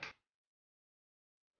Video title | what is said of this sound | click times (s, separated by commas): How to Maintain Yamaha Ray : Top 10 checks | to lock the seat push the seat down for a click sound | 0.0 s